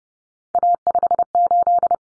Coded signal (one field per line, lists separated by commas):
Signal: Morse code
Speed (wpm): 30 wpm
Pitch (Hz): 700 Hz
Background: none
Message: A58